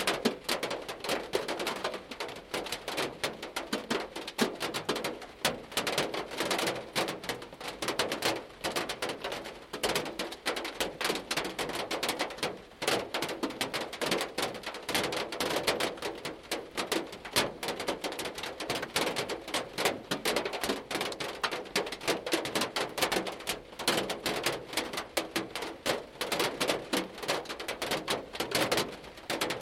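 Rain drums on a car roof, heard from inside the cabin, as a dense, steady patter of countless small taps with no pauses. The hits sound fairly bright, with a muffled low body, and the intensity holds even across the whole stretch.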